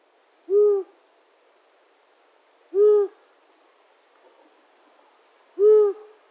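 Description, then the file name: Long-eared owl giving three soft, deep hoot notes, each brief and slightly arched, separated by gaps of about two and a half seconds; otherwise near silence. "Waldohreule Asio-otus"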